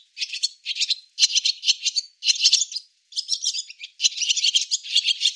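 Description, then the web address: Barn swallow twittering, dense bursts of high chirps and short rattles in rapid phrases, with brief pauses between groups. "cianscape birddata Deverinetal 2025"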